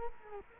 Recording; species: mosquito wingbeat signal from an infrared sensor; Culex quinquefasciatus